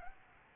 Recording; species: mosquito wingbeat signal from an infrared sensor; Aedes albopictus